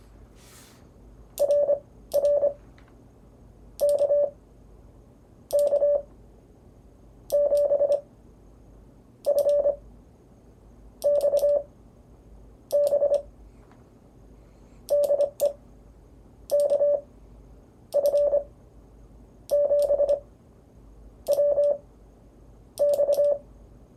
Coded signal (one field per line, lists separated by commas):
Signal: Morse code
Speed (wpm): 25 wpm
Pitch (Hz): 580 Hz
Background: none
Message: RR KK7FXB DE KF7WX